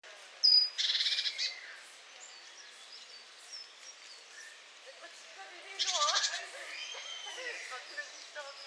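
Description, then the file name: Great tit giving two harsh, buzzy churring bursts about five seconds apart, with thin whistles and chirps in the background. "Parus major"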